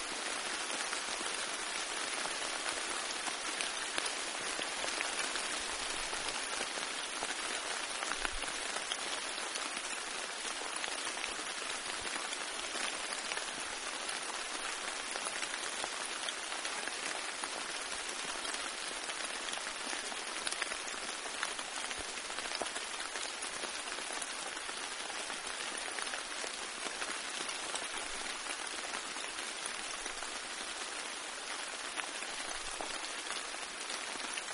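Steady, heavy rain falls throughout, a dense hiss of countless drops striking a surface. The sound stays even from start to finish, bright and crackling with very little low rumble, and no distinct thunderclaps or other events break through.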